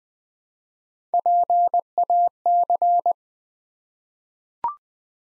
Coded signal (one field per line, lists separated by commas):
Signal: Morse code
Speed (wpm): 20 wpm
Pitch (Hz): 700 Hz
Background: none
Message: PAC